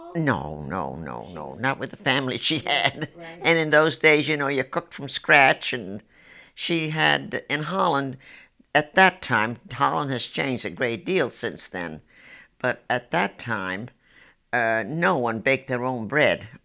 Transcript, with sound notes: No, no, no, no. Not with the family she had. ( she laughs ) And in those days, you know, you cooked from scratch and she had, in Holland, at that time, Holland has changed a great deal since then, but at that time no one baked their own bread.